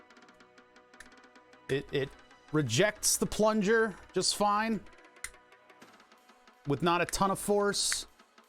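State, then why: Not seated. Someone talks while handling a 3D-printed plastic car-shifter lockout mechanism with a spring plunger detent, pushing the plunger with little force. A brief sharp tap is heard around 5.2 s amid faint background tones, but the lockout has not yet clicked into position or seated.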